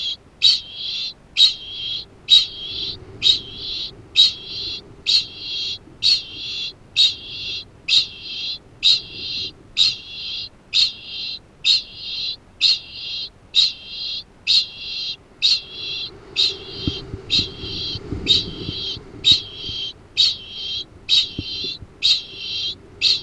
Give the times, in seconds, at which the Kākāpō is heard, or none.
0.00-23.22